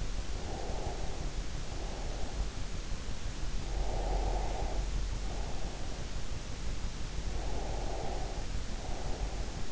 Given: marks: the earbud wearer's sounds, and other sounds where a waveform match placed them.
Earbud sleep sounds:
sounds in sleep by an in-ear microphone; breath
0.38-2.69 s: breath
3.73-5.78 s: breath
7.38-9.72 s: breath

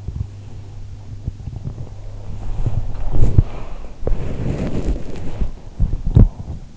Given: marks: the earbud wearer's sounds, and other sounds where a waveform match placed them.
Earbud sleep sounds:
sounds in sleep by an in-ear microphone; body movement
0.13-6.77 s: body movement

